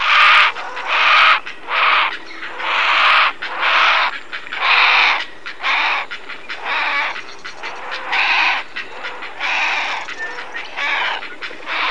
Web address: timbillo. calls to know GBHeron